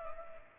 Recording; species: mosquito wingbeat signal from an infrared sensor; Culex pipiens